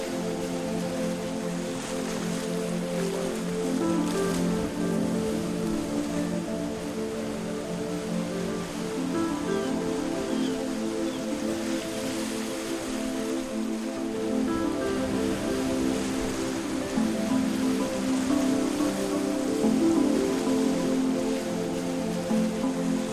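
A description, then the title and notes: An evening walk along the beach: a steady, dense wash of surf runs the whole way through with no clear breaks. Low held tones murmur underneath, thinning briefly around 14 seconds, and the sound swells slightly near 20 seconds. Evening Walk Along The Beach. The summer walk on the beach.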